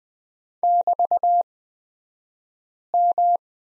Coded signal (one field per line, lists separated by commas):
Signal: Morse code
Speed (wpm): 20 wpm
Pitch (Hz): 700 Hz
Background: none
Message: <BT>M